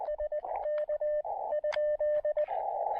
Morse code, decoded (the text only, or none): SK ?